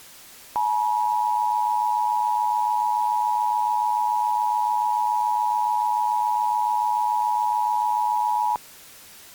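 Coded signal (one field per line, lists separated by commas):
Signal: Emergency Alert System (SAME) tones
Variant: 853 and 960 Hz attention tone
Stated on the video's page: Fictional EAS scenario.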